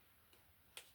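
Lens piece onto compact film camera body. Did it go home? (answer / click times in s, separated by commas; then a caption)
yes / 0.8 s. A lens piece is fitted onto a Canon IX7 compact APS film camera body. A faint tick comes at about 0.3 s, then a sharp, bright click at 0.8 s as the lens piece seats onto the camera.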